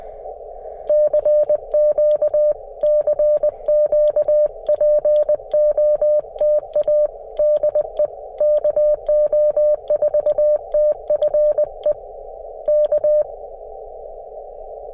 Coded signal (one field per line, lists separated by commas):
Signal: Morse code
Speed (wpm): 20 wpm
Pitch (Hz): 600 Hz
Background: none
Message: CQ CQ POTA DE KO4TFE K